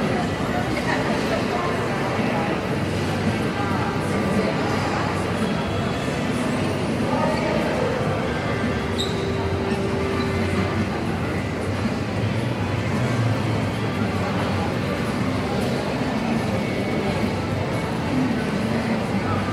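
Inside Union Station, a dense, unbroken murmur of many overlapping voices holds at a steady level throughout. A low rumble runs beneath the chatter, and around the midpoint a short sustained tone briefly stands out before sinking back into the crowd.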